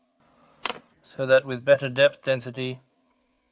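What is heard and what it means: A blue wire's spade connector is pressed firmly onto the lower terminal of a new start relay on a freezer compressor, giving a sharp click at 0.7 s. Someone then talks from about 1.2 s to 2.8 s. The connector is seated in the correct position with good insertion depth and no sparking.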